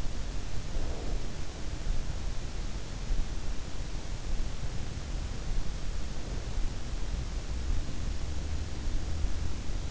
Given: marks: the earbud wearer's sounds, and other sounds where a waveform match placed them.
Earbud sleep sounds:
sounds in sleep by an in-ear microphone; breath
0.00-1.94 s: breath

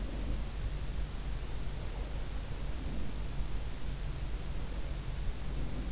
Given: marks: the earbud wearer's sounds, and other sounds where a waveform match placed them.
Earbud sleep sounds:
sounds in sleep by an in-ear microphone; breath
0.00-0.43 s: breath
2.76-3.15 s: breath
5.42-5.91 s: breath

